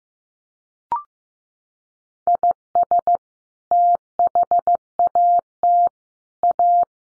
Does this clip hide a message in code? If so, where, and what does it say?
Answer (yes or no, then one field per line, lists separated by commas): yes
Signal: Morse code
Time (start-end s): 2.3-6.8 s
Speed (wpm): 15 wpm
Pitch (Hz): 700 Hz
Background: none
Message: IS THAT A